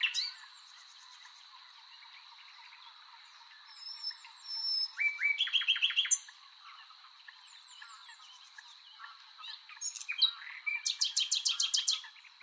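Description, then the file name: Common nightingale song: quiet scattered notes, then a bout of rapidly repeated chirps near five seconds, and a loud trill of repeated notes toward the end. "Luscinia megarhynchos"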